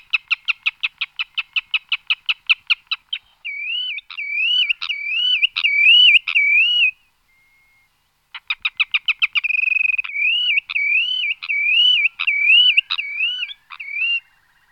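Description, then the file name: Spotted redshank song: a rapid run of repeated clipped notes flowing into a long, rhythmically wavering whistle. The sequence plays twice, with a short pause between. "Vodous tmavy Tringa erythropus"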